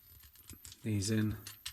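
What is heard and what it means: Plastic panel or leg sections of an MMC R-27 Calidus (IDW Rodimus) transforming figure are handled and pressed toward their mating sockets during a car-to-robot transformation. Faint plastic taps and rattles come around 0.5 to 0.7 s while someone talks. The clip ends before the part goes home, and nothing has seated or clicked yet.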